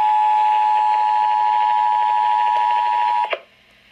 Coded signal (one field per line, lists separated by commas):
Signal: Emergency Alert System (SAME) tones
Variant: 853 and 960 Hz attention tone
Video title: HELLO 2019!! EAS Alerts from 1/8/19 - 1/30/19 (EAS #1,992 - 2,009)